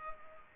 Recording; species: mosquito wingbeat signal from an infrared sensor; Culex pipiens